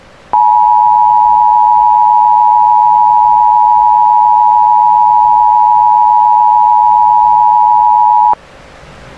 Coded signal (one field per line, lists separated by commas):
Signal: Emergency Alert System (SAME) tones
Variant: 853 and 960 Hz attention tone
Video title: EAS Scenario Cartooned to life p2 unfinished